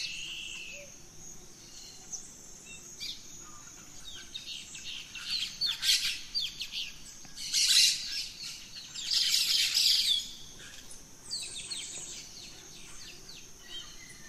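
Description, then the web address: Birds singing at dawn: soft high notes build to several loud chirping bursts in the middle, then fade to scattered twitters. Dawn chorus in rainforest, Gran Sabana, Venezuela. "naturescapes Birds in the Rainforest 03 Dawn Venezuela Gran Sabana"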